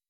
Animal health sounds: hydrophone in a shrimp aquaculture tank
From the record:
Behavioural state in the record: weakened

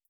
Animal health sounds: hydrophone in a shrimp aquaculture tank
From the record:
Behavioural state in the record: starved

